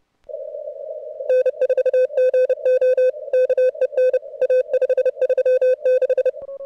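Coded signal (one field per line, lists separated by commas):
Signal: Morse code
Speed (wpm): 30 wpm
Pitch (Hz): 510 Hz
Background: none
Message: N4GO KEN A536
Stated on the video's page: CWops CWT contest at 550 Hz, search-and-pounce moving into running.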